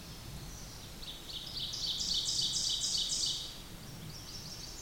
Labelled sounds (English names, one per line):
Ovenbird song